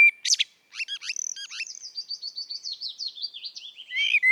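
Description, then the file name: Eurasian blackbird singing a brief warbled start, then a long, rapid series of high, thin twittering notes, closing with another warble. "Turdus merula"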